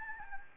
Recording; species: mosquito wingbeat signal from an infrared sensor; Anopheles gambiae